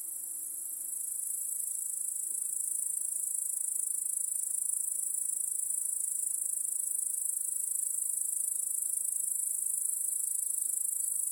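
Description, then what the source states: Cricket chorus, an unbroken high, bright trill that swells after the first second and then stays even. Chorus of crickets in a home backyard at night.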